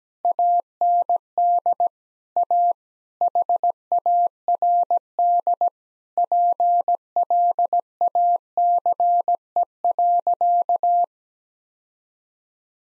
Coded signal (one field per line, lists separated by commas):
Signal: Morse code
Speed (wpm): 17 wpm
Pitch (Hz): 700 Hz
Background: none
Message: AND A HARD PLACE.